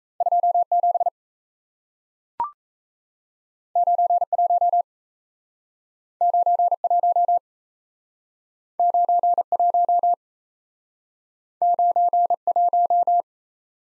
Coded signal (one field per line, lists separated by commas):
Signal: Morse code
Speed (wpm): 38 wpm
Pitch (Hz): 700 Hz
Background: none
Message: 27 91 91 91 91